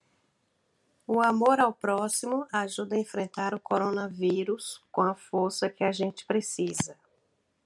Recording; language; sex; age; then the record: spoken sentence; Brazilian Portuguese; female; 20 to 29 years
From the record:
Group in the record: control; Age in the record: 22 years